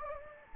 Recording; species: mosquito wingbeat signal from an infrared sensor; Anopheles gambiae